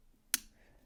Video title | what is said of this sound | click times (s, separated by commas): Unboxing the Infamous Manix 2 in 15V! It Has Some Issues. | there's a click down here | 0.3 s